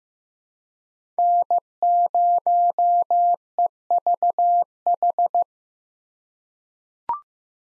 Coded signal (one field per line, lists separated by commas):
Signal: Morse code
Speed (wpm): 15 wpm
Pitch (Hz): 700 Hz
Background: none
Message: N0EVH